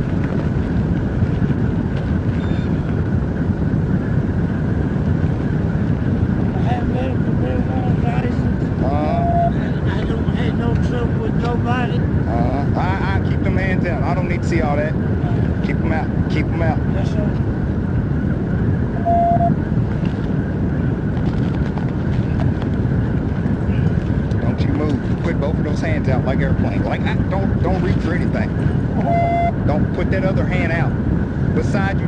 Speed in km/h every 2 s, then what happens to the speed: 0, 0, 0, 0, 0, 0, 0, 0, 0, 0, 0, 0, 0, 0, 0, 0.
0-32 standing.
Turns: none.